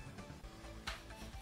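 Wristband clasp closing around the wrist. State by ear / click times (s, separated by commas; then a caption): seated / 0.9 s. The clasp of a Reliefband Sport anti-nausea wristband, placed on the inside of the wrist, is fastened and locks into place with a sharp, short click at 0.9 s over steady background music. The wristband clasp is seated.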